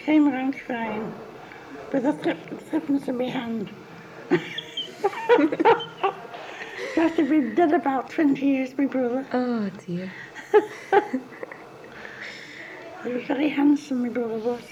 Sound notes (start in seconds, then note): 4.2 laughs; 10.2 laughs